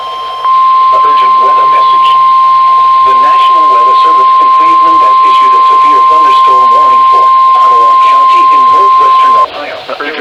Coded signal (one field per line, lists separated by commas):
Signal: Emergency Alert System (SAME) tones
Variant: 1050 Hz attention tone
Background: speech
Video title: CANADA DAY RAIN i don't know what to title this lol | EAS Alerts from July 1, 2022 (EAS 1,237-1,242)